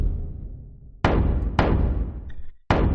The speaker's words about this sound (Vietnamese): Tiếng trống trường đánh thùng thùng mấy tiếng. Tụi học trò tới giờ giải lao thì liền túa ra khỏi lớp ngay.